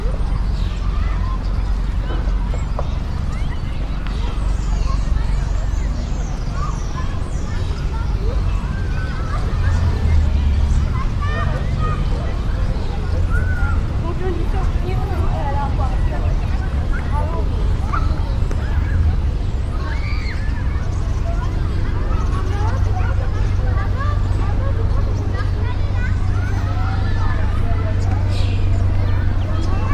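Birds chirp and children play over a soft, steady rumble of traffic in the distance. Scattered chirps and overlapping voices run throughout, with short calls and shouts rising now and then. The low traffic hum holds even from start to finish.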